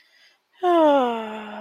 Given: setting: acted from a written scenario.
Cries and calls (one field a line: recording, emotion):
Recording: vocal sound without words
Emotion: serenity